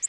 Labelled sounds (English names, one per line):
Orange-crowned Warbler flight call